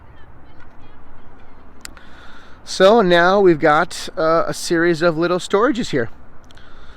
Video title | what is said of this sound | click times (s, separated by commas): 2019 Adventurer 23RB Class C Medium Exterior Walkthrough | the cap comes off like any other cap and then you put it back on hear the click you're good to go | 1.8 s